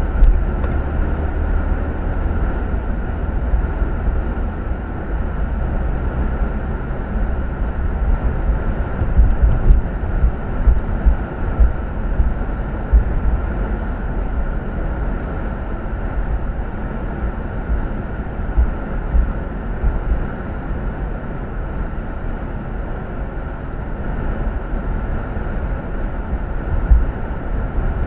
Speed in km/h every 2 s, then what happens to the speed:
40, 47, 53, 55, 56, 55, 53, 53, 52, 52, 52, 52, 52, 52.
0-5 speeds up to 55. 5-28 steady at about 52.